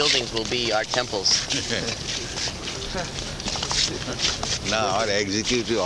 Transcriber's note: laughs